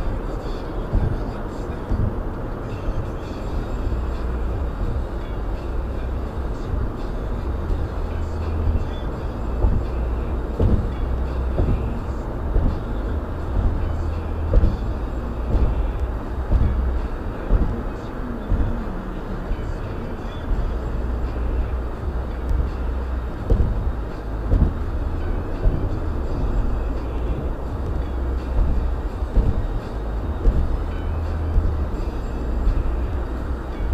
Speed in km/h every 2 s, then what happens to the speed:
113, 113, 113, 113, 113, 111, 111, 109, 109, 109, 109, 108, 108, 101, 100, 100, 98.
0-25 steady at about 111. 25-34 slows to 98.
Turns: none.